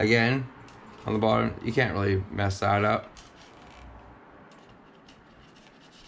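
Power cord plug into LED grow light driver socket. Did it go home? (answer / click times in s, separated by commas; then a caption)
no / none. Someone talks for the first three seconds while a power cord plug is brought to the driver socket on the bottom of a Spider Farmer LED grow light. Quiet rubbing and handling noise follows, with a faint tick near 5.1 s. The plug has not seated or locked into the socket yet.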